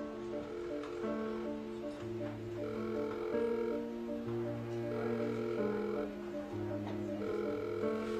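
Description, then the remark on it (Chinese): A phone ringback plays as a continuous electronic tone, its sustained notes stepping between a few pitches in a steady, looping melody at moderate volume with no one speaking, as a call is placed back after the other side hung up and goes unanswered. “边南赶紧把电话拨了过去。”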